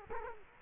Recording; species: mosquito wingbeat signal from an infrared sensor; Culex quinquefasciatus